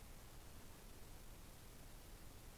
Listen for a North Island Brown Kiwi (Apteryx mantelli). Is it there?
no